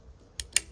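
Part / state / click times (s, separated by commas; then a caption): tailgate latch rotary catch in van tailgate / partly seated / 0.4 s, 0.6 s. The rotary catch of a VW T5/T6 van's tailgate latch is pushed over by hand or with a screwdriver to its first catch position, giving sharp metallic clicks at 0.4 s and 0.6 s against a quiet background. The latch catches only on its first stage, counted as one click, a partial result, and the interior lights then go out.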